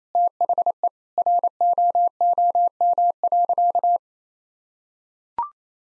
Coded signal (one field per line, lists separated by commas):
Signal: Morse code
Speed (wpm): 28 wpm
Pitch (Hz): 700 Hz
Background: none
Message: THE ROOM.